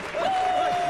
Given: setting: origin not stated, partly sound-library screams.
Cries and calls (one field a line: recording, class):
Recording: one-second piece from a danger detection set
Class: normal situation